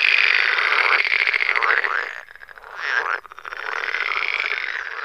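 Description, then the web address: Pool frogs croaking together, a continuous rattling, nasal chorus that fades briefly midway and then builds again. Forest. "Tajemnice puszczy Zaba jeziorkowa"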